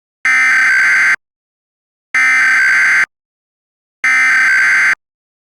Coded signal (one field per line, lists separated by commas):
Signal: Emergency Alert System (SAME) tones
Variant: header bursts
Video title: (EAS scenario) The Radioactive Spill